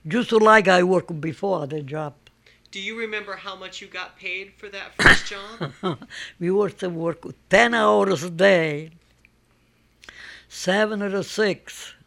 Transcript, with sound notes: just like I work before, the job.
Do you remember how much you got paid for that first job?
( she laughs ) We used to work ten hours a day, seven to six,